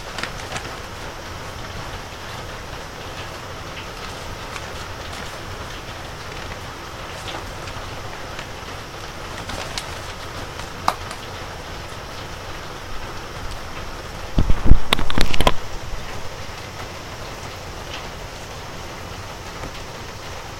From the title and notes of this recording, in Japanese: 台風前の雨降りの夕方、軒下で乾かしていた人参のタネを落としています。手でしごき落とし、バラしていきます。